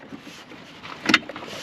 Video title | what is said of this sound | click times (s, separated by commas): Easy Grill Upgrades For your Jeep! | you hear that click that's all that's that's all it takes | 1.1 s